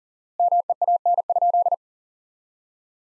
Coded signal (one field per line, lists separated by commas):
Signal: Morse code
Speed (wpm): 40 wpm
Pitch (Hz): 700 Hz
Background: none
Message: MEAN?